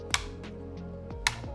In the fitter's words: make sure and rotate the turn piece so it's facing up you'll hear a click when it's in place